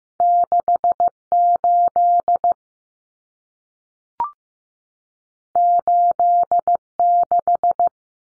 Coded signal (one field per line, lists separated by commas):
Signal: Morse code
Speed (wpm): 15 wpm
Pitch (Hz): 700 Hz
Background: none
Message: 68 86